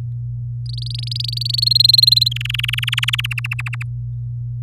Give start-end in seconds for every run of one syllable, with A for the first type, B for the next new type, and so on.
0.66-1.65 A, 1.66-2.29 B, 2.31-3.26 C, 3.31-3.83 D